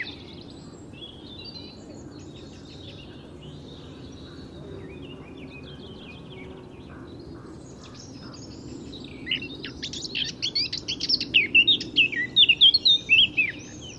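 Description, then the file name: Eurasian blackcap giving a long, quiet, rambling subsong-like twitter for several seconds before bursting into a loud, clear whistled finale near the end. "Sylvia atricapilla"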